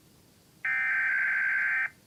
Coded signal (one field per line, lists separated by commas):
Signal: Emergency Alert System (SAME) tones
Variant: header bursts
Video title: Utah Required Monthly Test (Live stream EAS)